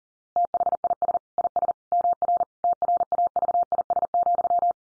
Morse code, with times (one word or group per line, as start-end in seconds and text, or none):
0.4-1.2 THIS
1.4-1.7 IS
1.9-2.4 MR
2.6-4.7 TRAVIS,